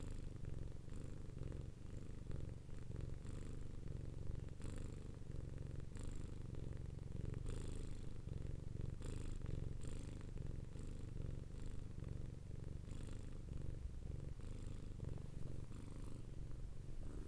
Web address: Khaganat-games stock sound library animals cats lrocio cat-purring